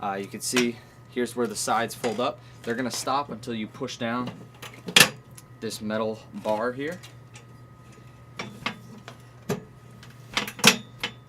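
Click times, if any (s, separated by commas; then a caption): 10.4 s, 10.7 s. Someone talks while raising the fold-up metal side rail of a Rock N Roller Multi Cart utility cart after pushing down its metal release bar, with a sharp knock near 5.0 s and scattered clatter after. The side rail snaps into its upright position on the cart frame with clicks at 10.4 s and 10.7 s, locking easily and firmly in place.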